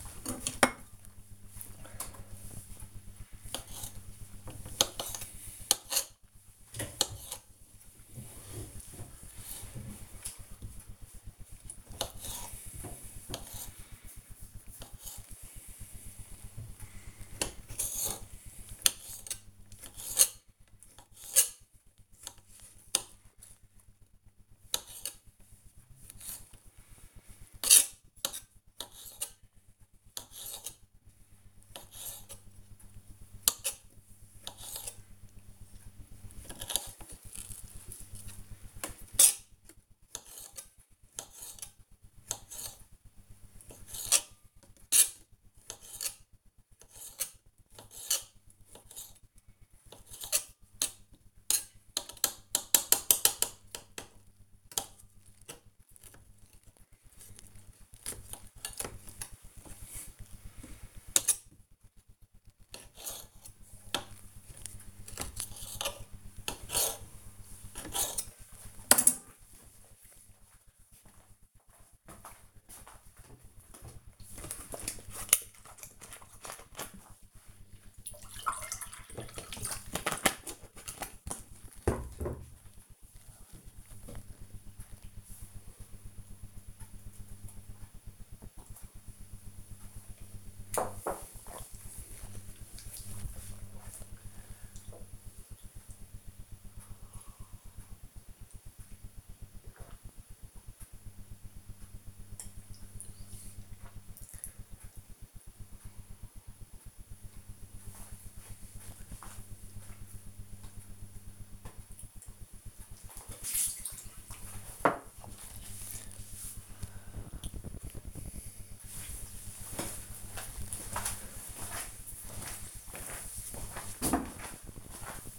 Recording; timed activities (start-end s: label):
household activities, microphone on the right wrist
0.91-68.47 s: cutting vegetables
81.55-110.79 s: drinking